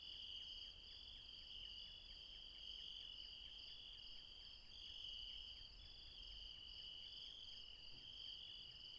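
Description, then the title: Insects trill continuously in a high, shimmering chorus with regular faint ticks, steady throughout with little else heard. Late night in the mountains at Refuge Krevatia, Barbala, near Dion, Greece. "Refuge Krevatia, Μπαρμπαλά, Dion 601 00, Greece - Late night mountain insects"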